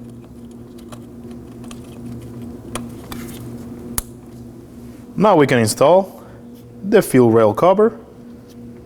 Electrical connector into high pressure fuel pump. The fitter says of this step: And lastly, plug in the fuel pump. Make sure you hear a click.